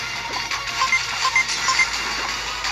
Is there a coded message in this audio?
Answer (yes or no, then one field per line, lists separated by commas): no